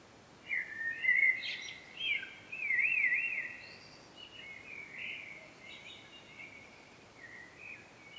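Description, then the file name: Common blackbird song: fluty, wavering phrases with rapid warbled trills, fading into softer fragments toward the end, against a steady faint hiss. "Turdus merula"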